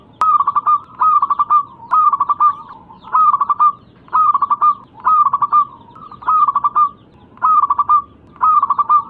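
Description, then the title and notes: Zebra dove song: soft, mellow cooing phrases at a steady pitch, each breaking into a brief rolling trill, repeated steadily over faint background hiss. Lure recording of zebra dove in full, lively song. "Pancingan Perkutut Durasi Panjang. Suara Burung Perkutut Gacor"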